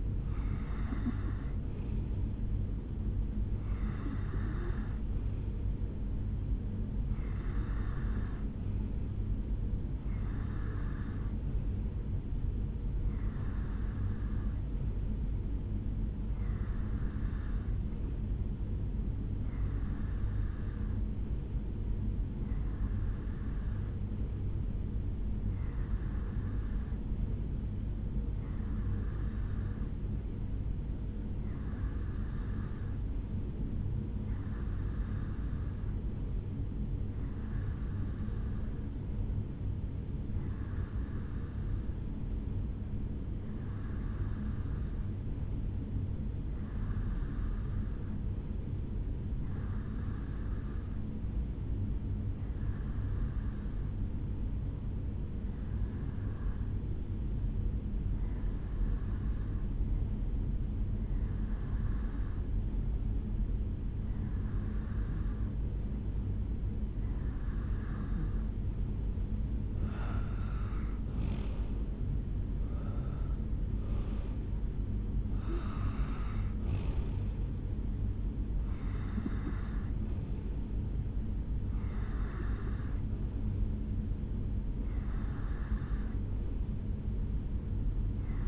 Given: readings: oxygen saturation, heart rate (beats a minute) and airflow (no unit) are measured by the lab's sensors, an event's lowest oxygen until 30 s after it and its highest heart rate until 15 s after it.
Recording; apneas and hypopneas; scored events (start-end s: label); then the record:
breathing in sleep by a smartphone at the bedside; 1
17.00-68.40 s: hypopnea (N1, oxygen 95% highest, then 90% lowest, heart rate 67 at the start, 76 highest)
28.00-58.00 s: new sleep stage, N2 (light sleep)
58.00-88.48 s: new sleep stage, REM sleep
From the record:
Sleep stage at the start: N1 (lightest sleep); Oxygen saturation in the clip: 90 to 95%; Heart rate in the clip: 60 to 76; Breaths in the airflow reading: 29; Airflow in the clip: -9.1 to 5.8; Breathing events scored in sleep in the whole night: 449 in 7.0 hours asleep